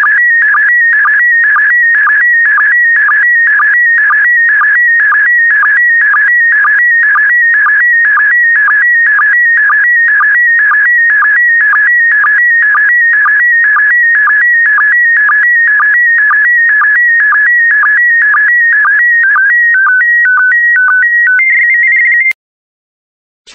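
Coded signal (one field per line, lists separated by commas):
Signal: SSTV (slow-scan television)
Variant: PD120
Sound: warbling tone with steady rhythmic ticks about twice a second, ending in short steady tones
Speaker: the next image transmission will start in 10 seconds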